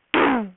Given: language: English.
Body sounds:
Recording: throat vibration sensor signal played as sound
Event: throat clearing

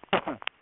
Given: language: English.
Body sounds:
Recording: throat vibration sensor signal played as sound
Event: cough

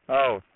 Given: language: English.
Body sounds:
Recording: throat vibration sensor signal played as sound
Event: speech

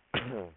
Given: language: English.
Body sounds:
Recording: throat vibration sensor signal played as sound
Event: cough

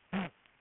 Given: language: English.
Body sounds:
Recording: throat vibration sensor signal played as sound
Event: throat clearing

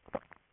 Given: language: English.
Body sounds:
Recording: throat vibration sensor signal played as sound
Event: swallow

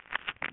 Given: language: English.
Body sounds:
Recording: throat vibration sensor signal played as sound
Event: swallow

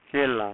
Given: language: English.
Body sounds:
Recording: throat vibration sensor signal played as sound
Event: speech

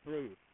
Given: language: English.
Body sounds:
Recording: throat vibration sensor signal played as sound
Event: speech

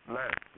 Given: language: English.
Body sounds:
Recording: throat vibration sensor signal played as sound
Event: speech

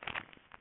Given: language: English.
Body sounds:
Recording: throat vibration sensor signal played as sound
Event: swallow

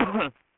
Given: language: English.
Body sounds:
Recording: throat vibration sensor signal played as sound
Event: cough

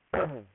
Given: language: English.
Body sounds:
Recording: throat vibration sensor signal played as sound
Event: throat clearing

